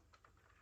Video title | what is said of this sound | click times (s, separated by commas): Shark style IQ hair dryer review + style IQ style brush attachment | and you can feel that it's got this really satisfying click when it goes on here, | 0.1 s, 0.2 s